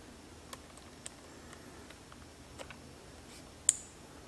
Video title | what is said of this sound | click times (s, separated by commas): HOW TO INSTALL LED TAILLIGHT ON HARLEY DAVIDSON STREET GLIDE | we hear the click I don't know if you guys heard it but I heard it pull on it she ain't going nowhere | 3.7 s